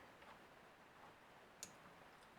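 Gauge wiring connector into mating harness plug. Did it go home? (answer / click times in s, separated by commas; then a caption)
yes / 1.6 s. A plastic gauge wiring connector, keyed to go in only one way, is slid into its mating harness plug. A single sharp click at 1.6 seconds rises above faint background noise as it snaps into place. The connector is seated.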